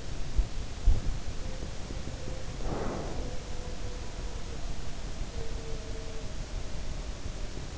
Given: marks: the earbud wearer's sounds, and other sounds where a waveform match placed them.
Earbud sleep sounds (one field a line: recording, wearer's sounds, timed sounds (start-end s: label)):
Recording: sounds in sleep by an in-ear microphone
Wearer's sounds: breath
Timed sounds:
2.53-3.55 s: breath